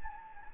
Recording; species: mosquito wingbeat signal from an infrared sensor; Anopheles gambiae